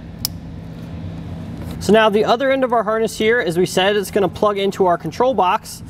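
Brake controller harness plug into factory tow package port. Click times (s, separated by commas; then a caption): 0.2 s. A Redarc Tow-Pro Liberty brake controller harness plug is pushed into the factory tow package port near the emergency brake pedal of a 2017 Toyota Sequoia. It goes in only one way and gives a single loud, sharp click at 0.2 s as it locks into place. Someone then talks.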